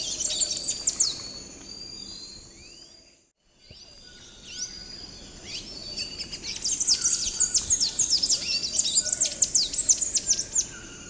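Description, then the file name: Palm tanager song, high squeaky notes early on, then a loud, rapid, squeaky twittering run in the second half. "Canto do sanhaco do coqueiro"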